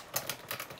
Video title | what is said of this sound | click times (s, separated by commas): Tutorial On How To Make A Beach Dune Buggy LEGO Minifigure Scaled | place this in snap right in place | 0.2 s